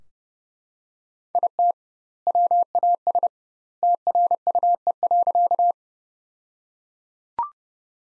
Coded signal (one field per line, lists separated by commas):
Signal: Morse code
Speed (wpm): 30 wpm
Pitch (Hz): 700 Hz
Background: none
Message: IT WAS TRUE.